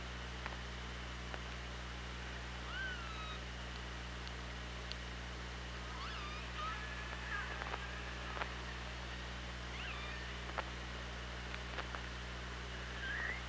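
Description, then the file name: Orca calls: several harmonic whistled calls, some rising then falling, others sweeping upward, spread throughout between scattered sharp clicks, over a steady low underwater hum. Recorded on the OrcaLab hydrophone, 24 August 2017, about 16:15. "Orca Lab UTLN JASON 20170824 161555"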